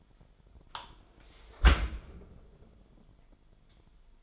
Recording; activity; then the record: daily activity, microphone in the room; close dishwasher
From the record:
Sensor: 5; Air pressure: 998.4 hPa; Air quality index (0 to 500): 81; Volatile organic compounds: 1 ppm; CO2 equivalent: 922 ppm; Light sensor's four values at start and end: 21/50/21/23 and 21/50/21/23